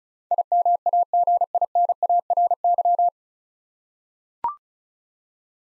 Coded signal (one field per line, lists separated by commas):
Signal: Morse code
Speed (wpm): 34 wpm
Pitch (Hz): 700 Hz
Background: none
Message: IMAGINARY